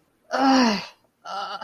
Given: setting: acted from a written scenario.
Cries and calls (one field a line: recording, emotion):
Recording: vocal sound without words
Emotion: guilt